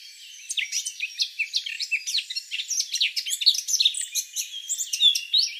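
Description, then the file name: Eurasian blackcap song, steady scratchy warbling of rapid twitters and chirps running through to the end. "Sylvia atricapilla"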